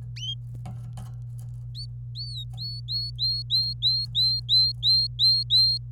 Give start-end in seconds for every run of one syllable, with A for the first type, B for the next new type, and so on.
1.75-1.85 A, 2.15-5.78 A